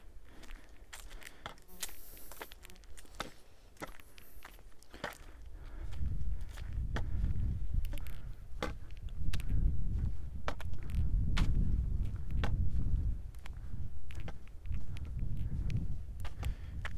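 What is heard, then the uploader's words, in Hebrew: A daily walk in the forest, with sharp crunching steps and snapping clicks spaced irregularly throughout. From about six seconds a low, surging rumble like wind or rustling swells in and out beneath the footfalls, getting louder toward the middle and end. טיול יומי ביער.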